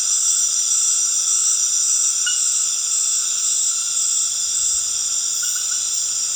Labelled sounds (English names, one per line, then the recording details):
none
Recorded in dense forest near Puerto Asís, Putumayo, Colombia, on 4 March 2025 at 19:00
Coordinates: 0.481, -76.323
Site G088